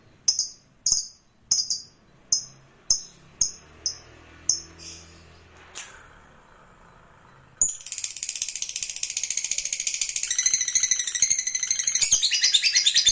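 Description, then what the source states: Lovebird sounds: a series of short sharp chips fading over six seconds, then a continuous high buzzy chattering trill that grows louder. Lovebird sound used to stimulate lovebirds.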